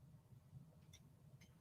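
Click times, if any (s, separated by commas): 0.9 s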